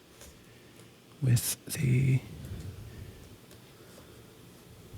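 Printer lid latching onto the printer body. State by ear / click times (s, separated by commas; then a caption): not seated / none. Someone handles the plastic lid of a small sticky-note printer, closing it over the loaded paper roll, while someone talks briefly. The clip ends before the lid latches onto the printer body, so nothing has clicked shut yet.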